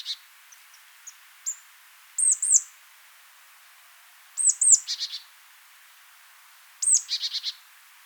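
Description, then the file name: Marsh tit calls: a few faint scattered high notes, then three bursts of high downslurred notes at uneven intervals, the later two each followed by a short run of harsh buzzy notes. "Poecile palustris"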